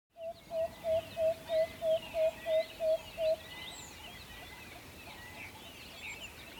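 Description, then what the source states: Owl giving a fast series of about ten short, even, mid-pitched toots, roughly three per second, then stopping, with songbirds chirping and twittering in the background throughout. Recorded in a forest.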